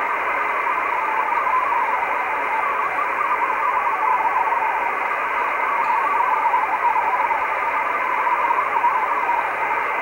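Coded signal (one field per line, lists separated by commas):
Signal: multi-tone FSK (Olivia or MFSK type)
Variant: Olivia 8/500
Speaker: So that's nice little decoding of an Olivia signal. Olivia being a digital mode.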